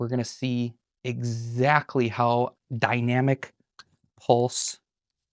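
Someone talks while handling a cap for a new 100 ml cologne bottle, an EDT of 3.3 fluid ounces, before putting it back on. The clip ends before the cap goes home, so nothing has seated or clicked yet.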